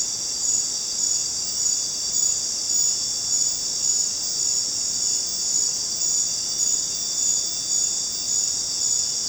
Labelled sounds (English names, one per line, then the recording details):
none
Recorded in dense forest near Puerto Asís, Putumayo, Colombia, on 23 June 2025 at 19:30
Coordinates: 0.484, -76.317
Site G045